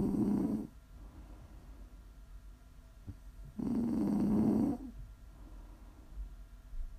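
Low, rumbling ASMR snoring from an adult sleeper: snores on inhalation about every three and a half seconds, with quiet breathing between them.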